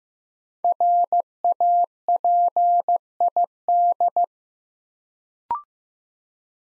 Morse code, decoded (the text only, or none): RAPID